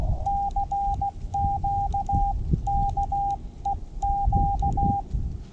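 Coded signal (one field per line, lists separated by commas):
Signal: Morse code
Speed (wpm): 16 wpm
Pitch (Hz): 800 Hz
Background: none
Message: CQ K EQ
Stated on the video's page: CW from a Xiegu G90 at 20 watts into a random wire antenna via an unun.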